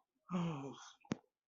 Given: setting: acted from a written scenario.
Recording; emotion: vocal sound without words; relief